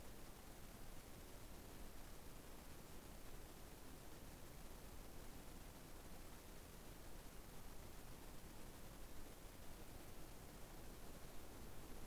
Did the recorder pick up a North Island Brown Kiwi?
no